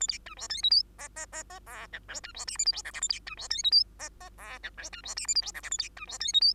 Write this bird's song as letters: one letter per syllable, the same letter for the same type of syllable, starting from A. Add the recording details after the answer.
A B C D E F G H H H H I J K C D L M N O P Q A B C D E F G H H I J K C D L M N O P Q A B C D E F G. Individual Bird2